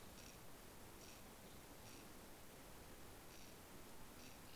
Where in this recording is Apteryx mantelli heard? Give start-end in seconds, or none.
none